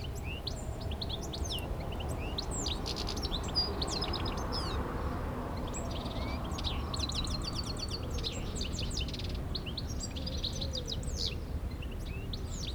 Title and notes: 161 Av. du Petit Port, 73100 Aix-les-Bains, France - Chardonneret. Un chardonneret bavarde dans un arbuste non loin du Tillet près d la route